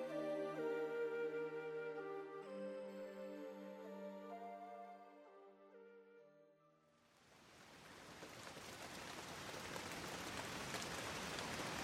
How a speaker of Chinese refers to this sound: 这鬼天气，又下雨了。